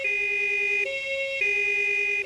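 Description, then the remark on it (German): An emergency vehicle siren wails in a two-tone pattern, switching back and forth between a lower and a higher pitch. The tones are loud, steady and harsh, with no voices. “Als er die Sirene hört, fallen ihm die vielen Autounfälle unten an der Ecke ein.”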